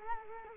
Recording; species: mosquito wingbeat signal from an infrared sensor; Culex quinquefasciatus